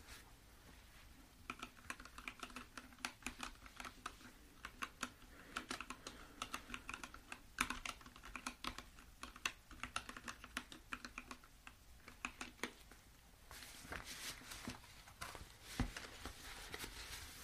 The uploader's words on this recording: Keyboard taps.